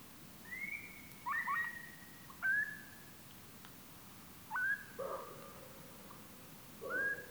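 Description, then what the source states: Bird uttering clear whistled notes that mostly rise and then level off, some followed by lower, softer tones, at irregular intervals over quiet background hiss. Call rendered as quee-quee.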